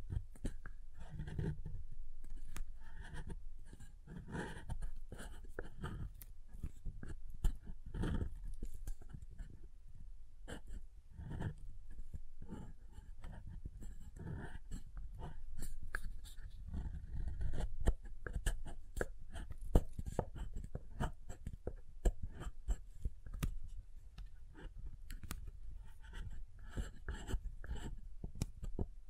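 A bar of soap is tapped and carved in a dense run of short, crisp clicks and scrapes that continue for the whole half minute. Some hits land with a duller low thump, others are brighter and scratchier, and a soft rustle fills the gaps between them.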